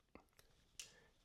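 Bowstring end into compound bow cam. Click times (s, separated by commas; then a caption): 0.8 s. During a bowstring swap on a compound bow, the string end is pushed into its slot on the cam. Faint taps at 0.2 s and 0.4 s are followed by a sharper, brighter pop at 0.8 s as the string end seats in the cam track.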